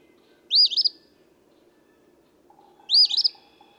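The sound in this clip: Eastern phoebe gives two rough, buzzy phrases with a stuttered ending, about two and a half seconds apart, over a quiet background.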